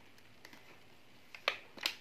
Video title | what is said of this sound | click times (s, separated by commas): Eureka Forbes Super Clean Handheld Vacuum Cleaner Review l Product Links ... | आ गया lock हो गया। | 1.5 s